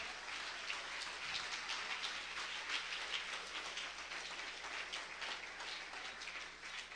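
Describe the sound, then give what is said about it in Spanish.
A church audience applauds for Christ during a pastor's sermon, clapping steadily for several seconds, a dense, continuous wash of many hands at an even loudness with no voices over it. “Dale un aplauso a Cristo, que Cristo se lo merece.”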